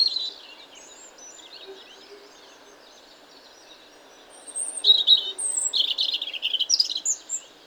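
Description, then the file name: European robin song: after a brief opening phrase and a quiet stretch, thin high warbling phrases come in a burst of rapid, varied trills and sharp notes in the second half. "Erithacus rubecula"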